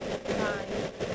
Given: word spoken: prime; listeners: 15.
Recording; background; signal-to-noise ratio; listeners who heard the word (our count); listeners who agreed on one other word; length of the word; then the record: one English word in noise, from a listening test; noise modulated by three-talker babble; -7.4 dB; 0 of 15; 6 of 15; 0.75 s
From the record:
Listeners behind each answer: 6, 3, 1, 1, 1, 1, 1, 1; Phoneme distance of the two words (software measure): 17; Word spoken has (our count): 1 syllable, 4 phonemes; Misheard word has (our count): 1 syllable, 3 phonemes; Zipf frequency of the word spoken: 5.20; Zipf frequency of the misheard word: 6.35